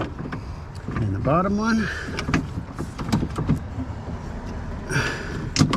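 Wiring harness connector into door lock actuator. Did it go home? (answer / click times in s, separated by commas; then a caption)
yes / 5.6 s. Someone talks while the lower wiring harness connector is pushed onto a replacement door lock actuator in a Silverado pickup truck door. A sharp click at 5.6 s shows the plug has latched and is confirmed seated.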